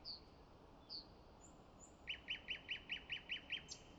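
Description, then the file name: Common nightingale singing: two faint high whistles and soft thin notes, then a rapid, even series of repeated louder notes, closed by a brief higher note. "Luscinia megarhynchos"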